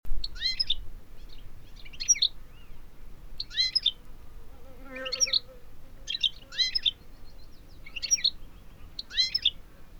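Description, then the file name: European goldfinch giving bright, twittering call groups, each a tight cluster of chirpy notes, repeated at short intervals, with low rumbling noise behind. "Carduelis carduelis"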